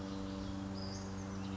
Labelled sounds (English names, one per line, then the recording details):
Oak Titmouse
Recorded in Sonoma County, California